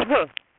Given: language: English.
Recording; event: throat vibration sensor signal played as sound; cough